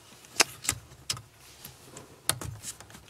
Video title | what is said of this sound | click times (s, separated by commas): Dépose et repose tableau de bord de Twingo 1 de 1997 | Voilà, jusqu'au clic. | 2.3 s